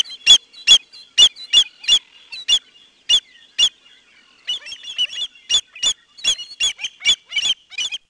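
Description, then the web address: American avocet calling with loud, clipped piping notes in spaced bursts; a brief lull midway brings softer overlapping calls before the loud series resumes. "Peterson North American Birds. amav"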